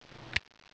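A BB magazine is pushed up into the all-metal magazine well in the grip of an Umarex SA177 CO2 blowback pistol until it locks. After a low sliding rustle, a sharp metallic click lands at 0.4 s, and the magazine is seated home.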